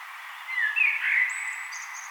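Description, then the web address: Common blackbird song: a short, mellow warbled phrase that ends in a thin, high twitter. "vogelstimmen amsel gesang nabu lars lachmann"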